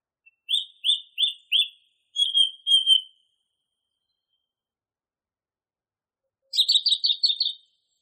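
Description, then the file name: Song thrush song: a clear note repeated four times, then a trio of similar notes, a pause, and a quick run of chirpy repeated notes. Masteran recording used for training songbirds. "suara masteran songthrush"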